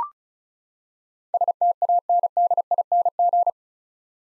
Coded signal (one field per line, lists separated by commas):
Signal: Morse code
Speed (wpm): 34 wpm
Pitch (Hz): 700 Hz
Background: none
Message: STANDING